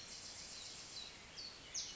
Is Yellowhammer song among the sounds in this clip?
no